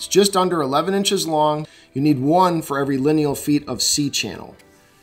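A steel spreader channel (Armstrong 7835SC, just under 11 inches long) is handled before being pressed into the C-channel trim over the cut edge of an Armstrong Metalworks Vector wood-look metal ceiling panel to hold that edge down. Someone talks throughout over background music, with a brief pause near 1.7 seconds. The clip ends before the part goes in, so nothing has seated or clicked yet.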